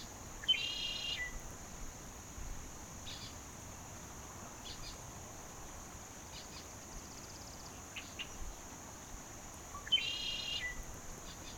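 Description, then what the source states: Red-winged blackbird song, twice: a sharp introductory note, then a harsh buzzy trill, with a few fainter calls between, over a constant high hiss. More than one bird.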